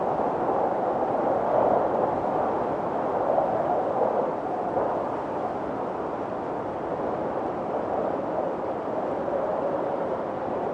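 A winter windstorm in the mountains roars steadily, a dense rushing sound centered in the low middle range with little high hiss. The wind swells slightly in the first few seconds, then settles into an even, unbroken blow for the rest.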